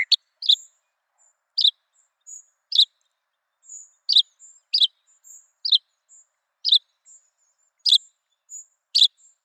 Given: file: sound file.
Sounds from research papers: Bird C. Mockingbird song material analyzed in this exploratory analysis is from five individual birds.

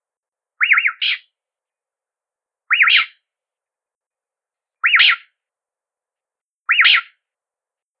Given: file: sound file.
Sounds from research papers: The Yellow-breasted Boubou male-initiated and male-led duet with male High whee-oo and female Chock

